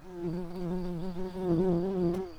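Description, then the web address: Tree bumblebee buzzing: a steady, low droning hum with a rich harmonic stack that wavers slightly in pitch. Workers. "bumblebees sounds Hypnorum-workers"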